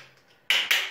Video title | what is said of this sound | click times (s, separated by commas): AB Shaper 5 Minutes( Leyaton- unboxing) 5 dakikada karın kası egzersiz aleti kurulumu | şu şekilde şuraya takmak için yapmışlar. Hatta tam bile oturmuyor. | 0.5 s